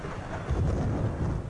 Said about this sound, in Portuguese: E houve trovões,